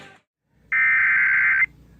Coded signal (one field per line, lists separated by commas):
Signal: Emergency Alert System (SAME) tones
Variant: header bursts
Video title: May 25, 2018 EAS weather alerts (EAS #626-632)